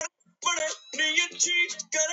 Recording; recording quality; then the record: heavy voluntary cough; poor, much background noise or distortion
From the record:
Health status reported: COVID-19 positive, mild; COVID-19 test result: positive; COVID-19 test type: RT-PCR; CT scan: not taken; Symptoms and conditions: asthma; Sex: male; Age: 23 years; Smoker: no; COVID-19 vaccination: one dose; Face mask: not worn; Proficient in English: yes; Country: India